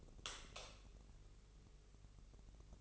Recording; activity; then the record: daily activity, microphone in the room; light off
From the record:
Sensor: 4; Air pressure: 996.1 hPa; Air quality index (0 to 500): 64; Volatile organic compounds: 2 ppm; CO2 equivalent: 1154 ppm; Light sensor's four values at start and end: 17/44/17/18 and 14/32/13/12